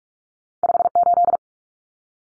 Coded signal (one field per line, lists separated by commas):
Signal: Morse code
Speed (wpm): 44 wpm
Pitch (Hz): 700 Hz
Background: none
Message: 58